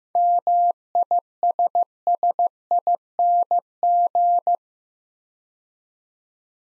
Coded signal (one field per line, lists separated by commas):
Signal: Morse code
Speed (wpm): 16 wpm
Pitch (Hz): 700 Hz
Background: none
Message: MISSING